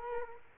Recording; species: mosquito wingbeat signal from an infrared sensor; Culex quinquefasciatus